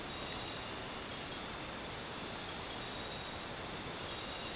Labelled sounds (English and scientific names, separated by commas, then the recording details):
none
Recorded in dense forest near Puerto Asís, Putumayo, Colombia, on 29 June 2025 at 20:00
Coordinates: 0.484, -76.317
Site G045